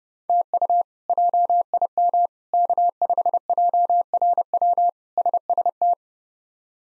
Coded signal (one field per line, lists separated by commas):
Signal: Morse code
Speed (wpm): 30 wpm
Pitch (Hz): 700 Hz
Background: none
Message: TU JIM K5JRW SST